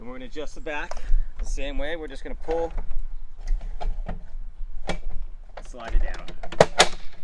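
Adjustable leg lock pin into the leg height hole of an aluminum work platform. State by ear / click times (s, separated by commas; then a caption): seated / 6.6 s. Someone talks while the rear leg of an aluminum Gorilla Ladders Adjustable Slim-Fold Work Platform is pulled out and slid down to a new height, with scattered metallic knocks along the way. The spring-loaded lock pin snaps into the leg height hole with a sharp click at 6.6 s, seating the leg in place.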